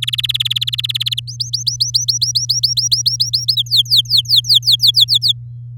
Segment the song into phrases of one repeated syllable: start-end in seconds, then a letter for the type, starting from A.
0.02-1.20 A, 1.27-3.55 B, 3.56-4.91 C, 4.94-5.33 D